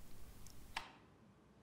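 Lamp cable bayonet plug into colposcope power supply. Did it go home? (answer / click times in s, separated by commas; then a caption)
yes / 0.8 s. A lamp cable's bayonet plug is pushed into a colposcope power supply socket and turned until it locks. A faint tick at 0.5 s is followed by a sharp, bright tick at 0.8 s as the connector seats. After that only quiet background noise remains.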